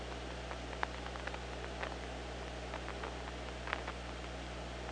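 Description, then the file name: Killer whale clicking, short sharp pulses at uneven intervals, a few stronger ones standing out, against steady underwater noise and low droning hum. OrcaLab hydrophone, 24 August 2017, 03:47:41. "Orca Lab UTLN JASON 20170824 034741"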